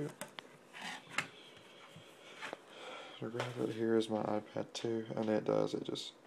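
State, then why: Not seated. A magnetic hinged cover is handled and brought toward the side edge of an iPad 2 tablet, with brief tapping and handling noises around 0.4, 1.2 and 2.5 seconds while someone talks. The cover has not snapped into place on the tablet yet; nothing has seated or clicked by the end of the clip.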